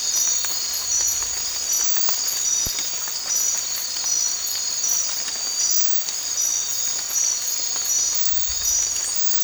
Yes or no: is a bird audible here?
no